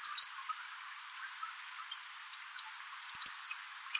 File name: Cyanistes caeruleus